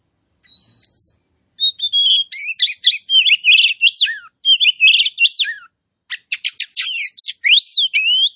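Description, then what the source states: Oriental magpie-robin song: an opening rising whistle, then long runs of quick varied whistles, warbles and trills, with a short pause before a chattering finish. Kacer poci type of magpie-robin, singing in gacor style, meaning vigorous and continuous song.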